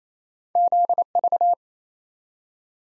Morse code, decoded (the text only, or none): ZV